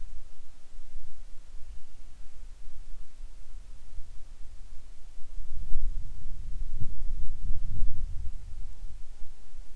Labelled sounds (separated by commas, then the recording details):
wind, insects
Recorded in the Arctic National Wildlife Refuge, Alaska, on 7 July 2019 at 18:33
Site 41